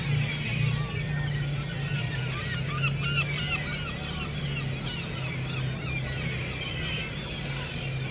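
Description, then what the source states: Gull cries, a short run of arched yelping notes amid softer calls, with an engine rumbling low throughout. Seagulls at harbour quay, Le Tréport, France, mixed with passing motorcycles; recorded with DPA 4060 microphones in AB position into a Zoom F3.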